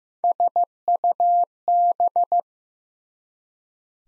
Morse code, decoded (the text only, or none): SUB